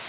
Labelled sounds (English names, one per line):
Northern Parula flight call